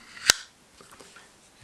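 A card slides into the slot of an anodised aluminium hard card wallet and seats against the small internal retention mechanism. One sharp, bright click rings out at 0.3 s, followed by faint handling noise. The mechanism gives a crisp, tactile click as the card goes home.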